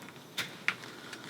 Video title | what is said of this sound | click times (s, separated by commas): How to Make a Leather Valet Tray (No Sewing) | You can hear a little click, but it's not actually set until you hammer it. | 0.7 s